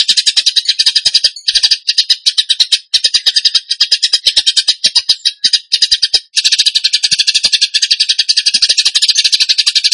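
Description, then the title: Bird song, rapid and chattering, with high pulsed notes run together into long trills and a few brief gaps between phrases. Bird song in the tembakan gacor style, used as masteran (training for other birds). "Masteran Burung Tembakan Gacor"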